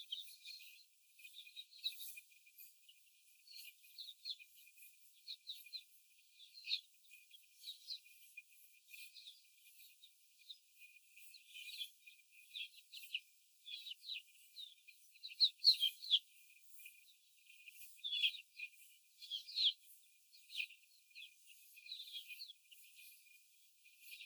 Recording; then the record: young laying hens in a cage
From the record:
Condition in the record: before the stressor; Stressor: simulated dog barking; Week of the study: 4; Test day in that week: 1